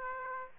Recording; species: mosquito wingbeat signal from an infrared sensor; Aedes aegypti